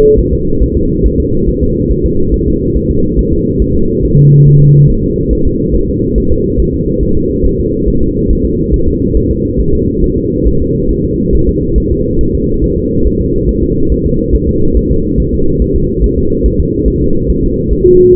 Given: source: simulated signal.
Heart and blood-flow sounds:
fetal heart sounds
0.19 s: S1
0.34 s: S2
0.62 s: S1
0.77 s: S2
1.06 s: S1
1.20 s: S2
1.49 s: S1
1.63 s: S2
1.92 s: S1
2.06 s: S2
2.34 s: S1
2.48 s: S2
2.77 s: S1
2.91 s: S2
3.19 s: S1
3.33 s: S2
3.62 s: S1
3.76 s: S2
4.05 s: S1
4.19 s: S2
4.48 s: S1
4.62 s: S2
4.90 s: S1
5.04 s: S2
5.33 s: S1
5.47 s: S2
5.75 s: S1
5.90 s: S2
6.18 s: S1
6.32 s: S2
6.60 s: S1
6.74 s: S2
7.03 s: S1
7.17 s: S2
7.46 s: S1
7.60 s: S2
7.88 s: S1
8.03 s: S2
8.31 s: S1
8.45 s: S2
8.74 s: S1
8.88 s: S2
9.17 s: S1
9.31 s: S2
9.61 s: S1
9.75 s: S2
10.04 s: S1
10.18 s: S2
10.48 s: S1
10.62 s: S2
10.91 s: S1
11.05 s: S2
11.35 s: S1
11.49 s: S2
11.78 s: S1
11.92 s: S2
12.21 s: S1
12.35 s: S2
12.64 s: S1
12.78 s: S2
13.07 s: S1
13.21 s: S2
13.49 s: S1
13.63 s: S2
13.92 s: S1
14.06 s: S2
14.35 s: S1
14.49 s: S2
14.77 s: S1
14.92 s: S2
15.20 s: S1
15.34 s: S2
15.62 s: S1
15.76 s: S2
16.04 s: S1
16.18 s: S2
16.46 s: S1
16.60 s: S2
16.88 s: S1
17.02 s: S2
17.30 s: S1
17.44 s: S2
17.73 s: S1
17.87 s: S2
18.15 s: S1
From the record:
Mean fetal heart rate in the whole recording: 140 bpm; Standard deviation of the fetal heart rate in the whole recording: 2 bpm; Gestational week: 34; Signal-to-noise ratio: -16.4 dB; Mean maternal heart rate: 72 bpm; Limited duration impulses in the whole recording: present

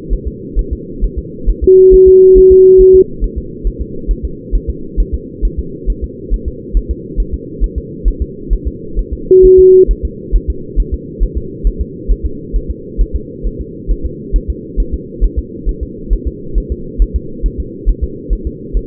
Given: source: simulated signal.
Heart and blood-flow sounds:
fetal heart sounds
0.13 s: S1
0.28 s: S2
0.59 s: S1
0.73 s: S2
1.04 s: S1
1.19 s: S2
1.50 s: S1
1.64 s: S2
1.94 s: S1
2.08 s: S2
2.38 s: S1
2.52 s: S2
2.81 s: S1
2.95 s: S2
3.24 s: S1
3.38 s: S2
3.67 s: S1
3.81 s: S2
4.11 s: S1
4.25 s: S2
4.55 s: S1
4.69 s: S2
5.00 s: S1
5.14 s: S2
5.45 s: S1
5.59 s: S2
5.90 s: S1
6.04 s: S2
6.34 s: S1
6.48 s: S2
6.77 s: S1
6.91 s: S2
7.20 s: S1
7.34 s: S2
7.64 s: S1
7.78 s: S2
8.08 s: S1
8.22 s: S2
8.53 s: S1
8.67 s: S2
8.99 s: S1
9.13 s: S2
9.45 s: S1
9.59 s: S2
9.91 s: S1
10.05 s: S2
10.36 s: S1
10.50 s: S2
10.80 s: S1
10.94 s: S2
11.23 s: S1
11.38 s: S2
11.67 s: S1
11.81 s: S2
12.11 s: S1
12.26 s: S2
12.56 s: S1
12.70 s: S2
13.01 s: S1
13.16 s: S2
13.47 s: S1
13.61 s: S2
13.91 s: S1
14.06 s: S2
14.36 s: S1
14.50 s: S2
14.80 s: S1
14.94 s: S2
15.24 s: S1
15.38 s: S2
15.69 s: S1
15.83 s: S2
16.13 s: S1
16.27 s: S2
16.58 s: S1
16.72 s: S2
17.02 s: S1
17.16 s: S2
17.46 s: S1
17.60 s: S2
17.89 s: S1
18.03 s: S2
18.33 s: S1
18.47 s: S2
18.77 s: S1
From the record:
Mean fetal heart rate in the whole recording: 135 bpm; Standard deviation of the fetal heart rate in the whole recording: 3 bpm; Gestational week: 36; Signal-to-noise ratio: -4.3 dB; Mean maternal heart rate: 72 bpm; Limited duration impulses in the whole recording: present

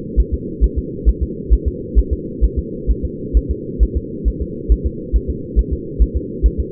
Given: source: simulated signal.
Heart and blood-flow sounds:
fetal heart sounds
0.20 s: S1
0.34 s: S2
0.64 s: S1
0.78 s: S2
1.09 s: S1
1.23 s: S2
1.53 s: S1
1.68 s: S2
1.98 s: S1
2.13 s: S2
2.44 s: S1
2.59 s: S2
2.91 s: S1
3.05 s: S2
3.37 s: S1
3.51 s: S2
3.83 s: S1
3.97 s: S2
4.28 s: S1
4.42 s: S2
4.72 s: S1
4.86 s: S2
5.16 s: S1
5.30 s: S2
5.59 s: S1
5.73 s: S2
6.02 s: S1
6.17 s: S2
6.46 s: S1
6.60 s: S2
From the record:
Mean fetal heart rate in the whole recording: 135 bpm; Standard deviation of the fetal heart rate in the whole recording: 3 bpm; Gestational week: 34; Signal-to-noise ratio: -4.1 dB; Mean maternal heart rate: no maternal heart sound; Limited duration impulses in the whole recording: absent

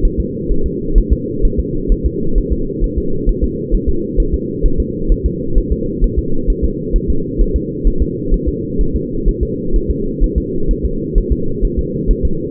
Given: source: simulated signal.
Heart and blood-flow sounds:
fetal heart sounds
0.05 s: S1
0.20 s: S2
0.51 s: S1
0.66 s: S2
0.98 s: S1
1.13 s: S2
1.45 s: S1
1.59 s: S2
1.92 s: S1
2.06 s: S2
2.38 s: S1
2.53 s: S2
2.84 s: S1
2.98 s: S2
3.29 s: S1
3.44 s: S2
3.75 s: S1
3.89 s: S2
4.20 s: S1
4.34 s: S2
4.66 s: S1
4.80 s: S2
5.12 s: S1
5.26 s: S2
5.58 s: S1
5.72 s: S2
6.04 s: S1
6.19 s: S2
6.50 s: S1
6.64 s: S2
6.96 s: S1
7.10 s: S2
7.41 s: S1
7.56 s: S2
7.88 s: S1
8.02 s: S2
8.34 s: S1
8.48 s: S2
8.81 s: S1
8.95 s: S2
9.29 s: S1
9.43 s: S2
9.76 s: S1
9.91 s: S2
10.24 s: S1
10.38 s: S2
10.71 s: S1
10.85 s: S2
11.18 s: S1
11.32 s: S2
11.65 s: S1
11.79 s: S2
12.11 s: S1
12.25 s: S2
From the record:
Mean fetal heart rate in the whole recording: 130 bpm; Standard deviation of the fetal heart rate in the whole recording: 4 bpm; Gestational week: 38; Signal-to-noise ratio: -8.1 dB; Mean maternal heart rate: 72 bpm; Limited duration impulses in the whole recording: absent

